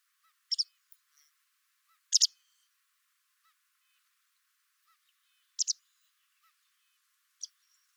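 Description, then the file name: White wagtail giving sharp two-note chirps, a disyllabic call repeated a few times at irregular intervals, with faint lower tonal notes between. "Motacilla alba"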